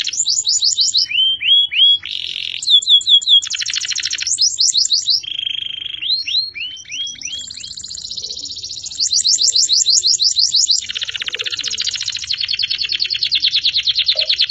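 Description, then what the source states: Canary singing continuously, mixing fast sweeping trills, steady buzzy rolls and series of upward-slurred whistles, each phrase repeated several times before changing. Champion canary.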